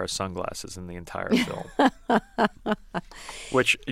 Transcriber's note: soundbite of laughter